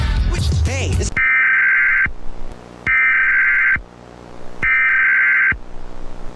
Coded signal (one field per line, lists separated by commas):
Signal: Emergency Alert System (SAME) tones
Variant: header bursts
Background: speech